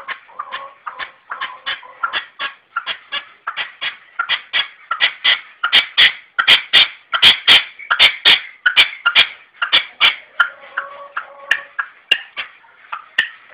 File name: perdiz roja-sonido